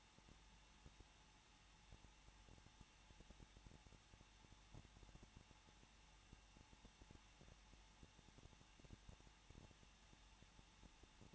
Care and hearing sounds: daily activity, microphone in the room; no activity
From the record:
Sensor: 1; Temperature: 20.1 degrees Celsius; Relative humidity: 39.2%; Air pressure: 1006.3 hPa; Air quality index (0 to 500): 218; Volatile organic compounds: 77 ppm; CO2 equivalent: 3583 ppm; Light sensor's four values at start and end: 1/2/1/1 and 1/2/1/1

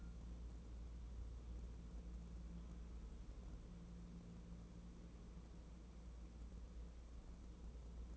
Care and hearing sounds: daily activity, microphone in the room; wipe stove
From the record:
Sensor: 1

